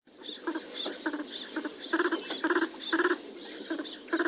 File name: Northern Pintail Duck